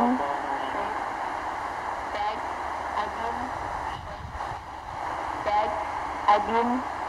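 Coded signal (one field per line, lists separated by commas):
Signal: numbers station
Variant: S06s Russian Lady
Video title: S06s "Russian Lady" numbers station received near Sofia, Bulgaria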